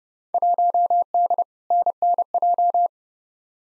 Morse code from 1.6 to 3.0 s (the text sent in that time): NNJ